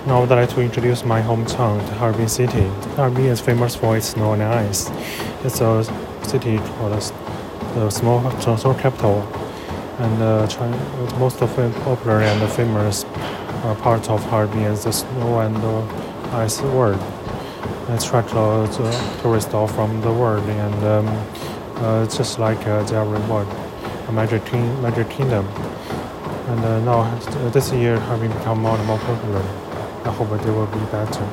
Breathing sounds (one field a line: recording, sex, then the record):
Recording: free speech after running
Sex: male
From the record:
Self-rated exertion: very light exertion (1 of 6)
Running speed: 6 miles an hour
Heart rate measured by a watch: 127 beats a minute at the start, 124 at the end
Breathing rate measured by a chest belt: 8 breaths a minute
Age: 33 years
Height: 178 cm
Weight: 73 kg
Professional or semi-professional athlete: no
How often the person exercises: 1 to 2 times a week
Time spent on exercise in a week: under 1 hour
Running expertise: no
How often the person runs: under once a week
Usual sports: tennis